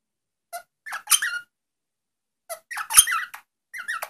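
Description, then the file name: Rosella uttering sparse squeaky chirps and a couple of short chattering phrases, with long pauses between them. "Canto da Rosela"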